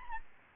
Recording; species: mosquito wingbeat signal from an infrared sensor; Aedes albopictus